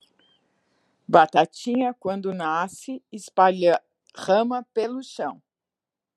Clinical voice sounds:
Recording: short text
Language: Brazilian Portuguese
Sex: female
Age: 60 to 69 years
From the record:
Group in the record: control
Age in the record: 68 years

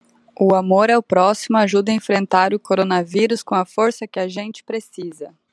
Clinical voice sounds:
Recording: spoken sentence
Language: Brazilian Portuguese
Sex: female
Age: 30 to 39 years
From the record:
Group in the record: control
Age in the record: 30 years

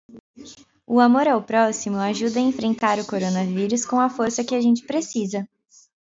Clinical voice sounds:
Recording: spoken sentence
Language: Brazilian Portuguese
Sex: female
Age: 20 to 29 years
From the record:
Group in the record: control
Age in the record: 22 years

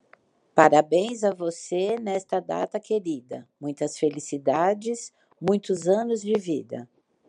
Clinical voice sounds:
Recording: short text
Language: Brazilian Portuguese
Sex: female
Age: 60 to 69 years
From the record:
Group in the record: control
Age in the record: 61 years

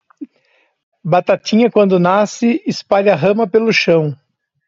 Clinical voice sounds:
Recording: short text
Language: Brazilian Portuguese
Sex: male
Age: 30 to 39 years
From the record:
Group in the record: control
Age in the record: 35 years

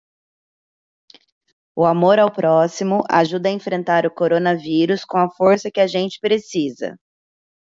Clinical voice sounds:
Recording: spoken sentence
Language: Brazilian Portuguese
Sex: female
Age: 30 to 39 years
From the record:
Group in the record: control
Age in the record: 34 years

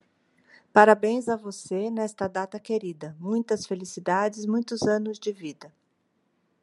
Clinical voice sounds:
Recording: short text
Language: Brazilian Portuguese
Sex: female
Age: 50 to 59 years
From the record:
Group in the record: control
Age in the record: 54 years

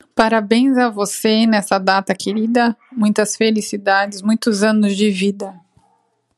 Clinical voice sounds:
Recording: short text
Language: Brazilian Portuguese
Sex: female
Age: 40 to 49 years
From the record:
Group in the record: control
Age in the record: 42 years

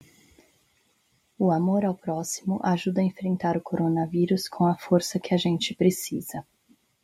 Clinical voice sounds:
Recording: spoken sentence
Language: Brazilian Portuguese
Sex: female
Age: 30 to 39 years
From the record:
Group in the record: control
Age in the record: 39 years

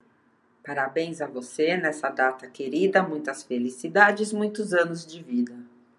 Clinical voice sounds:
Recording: short text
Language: Brazilian Portuguese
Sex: female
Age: 60 to 69 years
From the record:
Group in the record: control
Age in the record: 62 years

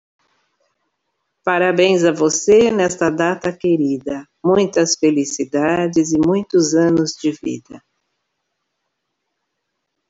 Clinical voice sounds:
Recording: short text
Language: Brazilian Portuguese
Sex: female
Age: 60 to 69 years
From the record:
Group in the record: control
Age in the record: 62 years

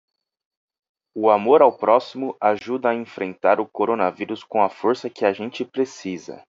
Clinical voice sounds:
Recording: spoken sentence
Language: Brazilian Portuguese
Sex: male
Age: 30 to 39 years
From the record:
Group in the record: control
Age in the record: 30 years

